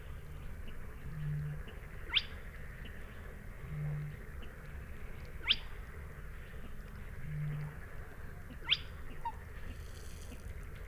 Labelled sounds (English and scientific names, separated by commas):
Spotted Crake (Porzana porzana) song